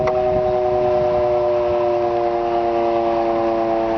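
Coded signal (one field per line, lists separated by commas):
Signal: siren signal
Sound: a continuous, steady-pitched outdoor siren wail with rich harmonics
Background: outdoor wind noise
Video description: Siren Signal: Alert/Brief Attack (Monthly Test)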